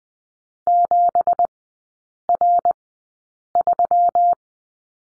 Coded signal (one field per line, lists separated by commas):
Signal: Morse code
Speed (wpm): 20 wpm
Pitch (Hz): 700 Hz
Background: none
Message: 7R3